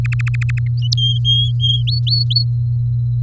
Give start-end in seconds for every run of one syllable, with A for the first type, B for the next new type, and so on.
0.04-0.68 A, 0.97-1.82 B, 1.87-2.45 C